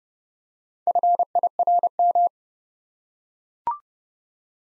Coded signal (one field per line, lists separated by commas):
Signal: Morse code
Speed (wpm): 30 wpm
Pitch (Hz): 700 Hz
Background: none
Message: FIRM